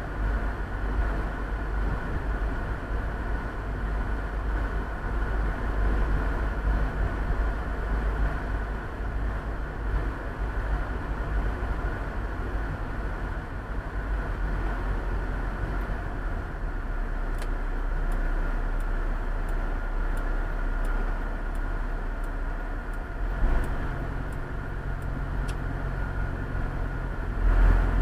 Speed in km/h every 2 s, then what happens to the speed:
35, 35, 35, 37, 39, 37, 37, 35, 29, 21, 16, 13, 14, 19.
0-13 steady at about 37. 13-22 slows to 13. 22-28 speeds up to 19.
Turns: none.